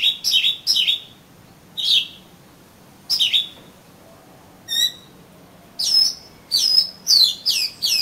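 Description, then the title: Oriental magpie-robin with spaced, rich downward-slurred whistles, one thin ringing note, then a quicker string of bright chirps at the end. "Kacer Kacer"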